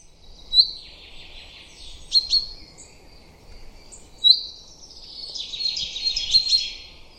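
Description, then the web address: Common chaffinch song: a few sharp high chips, then a fuller, rapid rattling phrase lasting about two seconds. Faint low background noise. "Deverinetal 2025 File origin Bird Only Fr Co"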